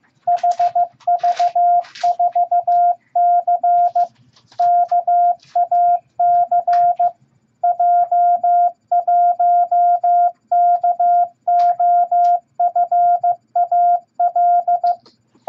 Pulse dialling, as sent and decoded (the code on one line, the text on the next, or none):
none